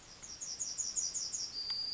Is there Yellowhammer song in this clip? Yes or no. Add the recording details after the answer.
yes. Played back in forest. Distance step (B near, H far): E. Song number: 043